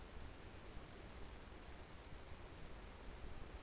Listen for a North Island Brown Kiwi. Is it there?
no